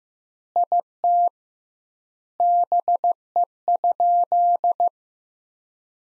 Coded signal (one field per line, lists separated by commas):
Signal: Morse code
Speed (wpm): 15 wpm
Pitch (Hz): 700 Hz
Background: none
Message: IT BE?